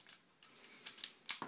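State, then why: Not seated. A plastic ToyWorld H-02 Brainwave swap head is pushed onto the neck joint of a different transforming-robot figure body, a G1, where it fits much less snugly than on its own body. Short, sharp plastic ticks and scrapes come in bursts, with the loudest near 1.3 s. The head never seats or clicks into place and will not stay on.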